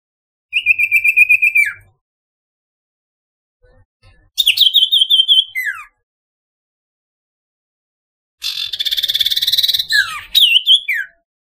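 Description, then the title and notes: Barn owl giving three separate rasping, pulsed screeches, each ending in a falling squeal, with silent gaps between them. "Kicau Burung Sirtu"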